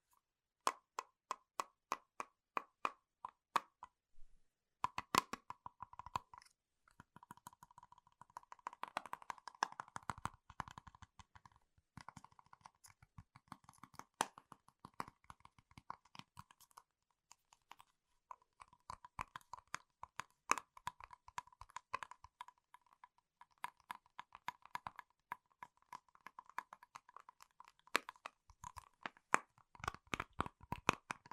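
Fingers tap on Apple gear — keyboards, a HomePod mini, laptops and product boxes — in bursts of sharp clicks, sometimes slow and even, sometimes quick flurries. A faint steady tone hums underneath, and brief pauses break up the tapping, notably around five and eighteen seconds.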